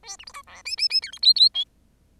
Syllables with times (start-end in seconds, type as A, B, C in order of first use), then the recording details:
0.03-0.17 A, 0.19-0.25 B, 0.26-0.33 C, 0.33-0.42 D, 0.47-0.62 E, 0.65-0.76 F, 0.77-0.88 F, 0.90-1.00 F, 1.02-1.11 G, 1.12-1.19 H, 1.22-1.33 I, 1.35-1.49 I, 1.54-1.64 J. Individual Bird10